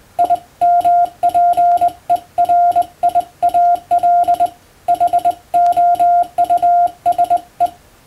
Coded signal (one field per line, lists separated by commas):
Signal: Morse code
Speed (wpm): 21 wpm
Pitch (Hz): 700 Hz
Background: none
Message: IMPERIAL HOUSE